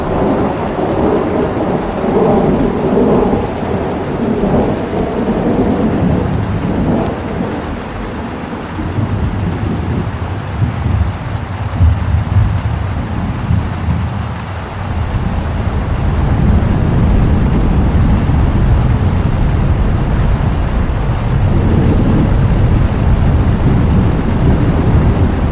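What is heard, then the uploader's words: Steady, dense rain hiss runs throughout, with a deep rumble of thunder rolling underneath for most of the clip. The low rumbling surges around the start and again after fifteen seconds, while a constant watery wash fills the background without pause. Thunder & Rainstorm with River Water Sounds.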